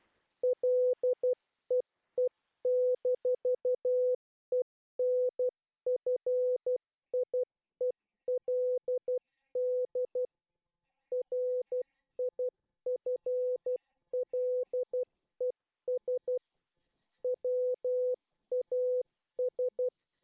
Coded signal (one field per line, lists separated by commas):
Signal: Morse code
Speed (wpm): 12 wpm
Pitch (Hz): 500 Hz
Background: none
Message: LEE-ENFIELD RIFLES WAS